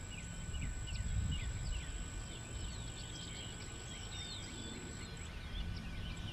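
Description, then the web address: Birds chirping: a busy chorus of brief high chips and slurred notes from several birds over continuous low rumbling noise. Many birds recorded in Bexar County, Texas, on the morning of 19 March 2006. "bexar Many Birds 20060319 AM"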